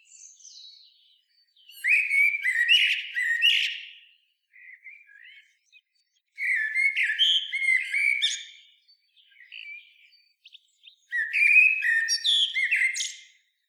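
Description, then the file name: Common blackbird song: three separate phrases of low fluty warbles, each ending in harsh high twittering, with quieter soft notes between them. "Turdus merula"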